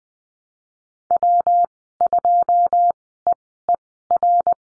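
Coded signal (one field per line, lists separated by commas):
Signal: Morse code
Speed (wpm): 20 wpm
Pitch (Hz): 700 Hz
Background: none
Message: W2EER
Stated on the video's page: Morse code course lesson on the number 7 and call signs, with Farnsworth speed of 20/10 wpm.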